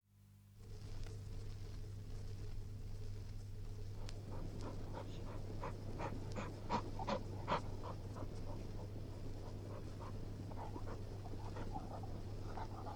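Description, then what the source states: Springer spaniel panting: fast breathy puffs, roughly three a second, beneath a constant low hum and background hiss. Springer spaniel barking, growling and panting.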